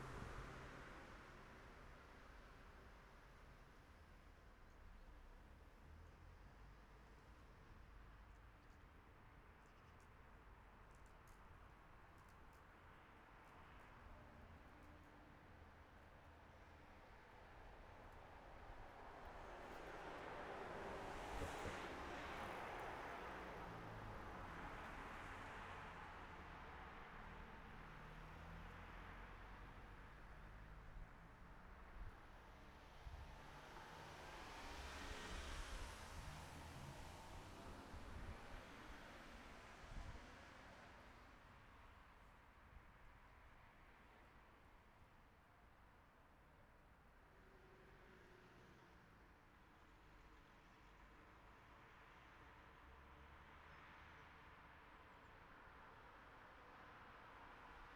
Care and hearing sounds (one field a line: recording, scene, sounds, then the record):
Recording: everyday scene through a hearing-aid microphone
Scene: in traffic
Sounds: traffic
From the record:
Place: city secondary road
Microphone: behind the ear, right, front